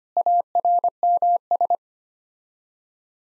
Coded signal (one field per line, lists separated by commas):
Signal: Morse code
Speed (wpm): 25 wpm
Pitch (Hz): 700 Hz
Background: none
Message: ARMS